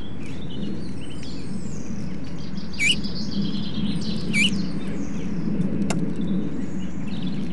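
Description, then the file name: Eurasian bullfinch giving two soft, short piping whistles about one and a half seconds apart, over steady low rumbling background noise. "Pyrrhula pyrrhula"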